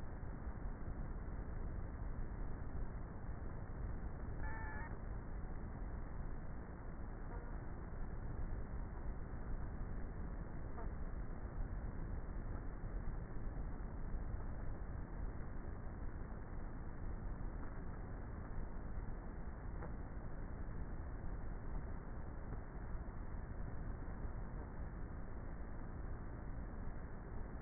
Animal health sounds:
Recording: honeybee colony, microphone inside the hive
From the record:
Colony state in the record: queenless with a low population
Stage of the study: before two queens were removed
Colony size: about 30,000 bees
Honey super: no

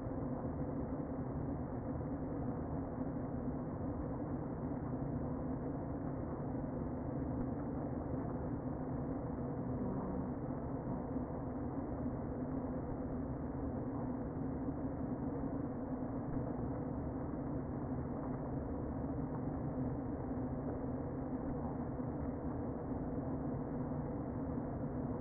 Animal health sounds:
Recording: honeybee colony, microphone inside the hive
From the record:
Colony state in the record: queen present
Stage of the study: before two queens were removed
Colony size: about 60,000 bees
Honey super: yes

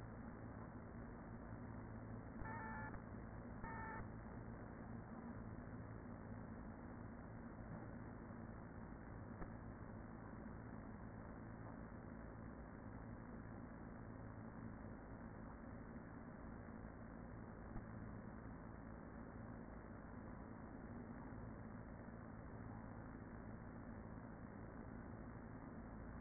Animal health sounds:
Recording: honeybee colony, microphone inside the hive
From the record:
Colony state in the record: queen present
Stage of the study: after two queens were removed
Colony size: about 40,000 bees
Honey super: no

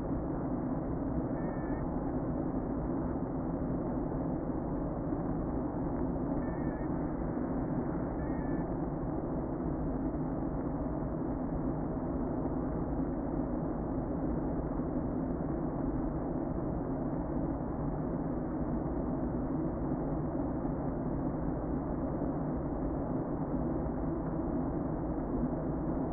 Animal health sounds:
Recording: honeybee colony, microphone inside the hive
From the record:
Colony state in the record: queen present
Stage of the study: before two queens were removed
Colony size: about 60,000 bees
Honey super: yes

